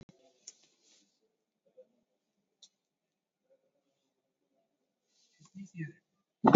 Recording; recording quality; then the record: shallow breathing; moderate, slight background noise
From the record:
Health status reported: COVID-19 positive, mild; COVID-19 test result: positive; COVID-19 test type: RT-PCR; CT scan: taken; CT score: 0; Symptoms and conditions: cough, cold, sore throat, fever, fatigue, loss of smell and taste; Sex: male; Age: 63 years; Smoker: no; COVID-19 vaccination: both doses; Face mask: worn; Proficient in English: yes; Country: India